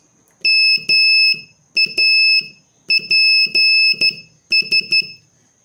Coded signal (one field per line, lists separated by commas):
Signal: Morse code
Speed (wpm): 12 wpm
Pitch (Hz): 2600 Hz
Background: none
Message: MAPS